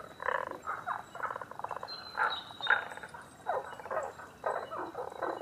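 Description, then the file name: Tago's brown frog calling in short bursts of rapid croaking pulses separated by brief lulls, with a faint high whistle just after two seconds. Recorded 11 June 2010 at 18:05. "tagogaeru 20100611-1805"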